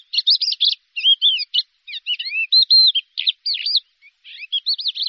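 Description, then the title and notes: Bird song: rapid high twittering phrases of slurred and buzzy notes, broken by short pauses, with no other sounds. "Kicau Burung Lengkap"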